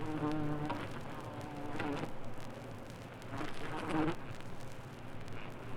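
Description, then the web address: Fly buzzing, a low hum that swells and fades several times over steady background noise. "fly buzzing"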